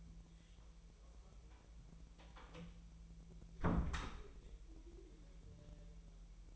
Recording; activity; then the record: daily activity, microphone in the room; close door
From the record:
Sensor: 1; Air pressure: 1001.4 hPa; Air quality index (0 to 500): 249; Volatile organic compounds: 129 ppm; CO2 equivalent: 3923 ppm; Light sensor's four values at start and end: 10/24/10/10 and 10/24/9/10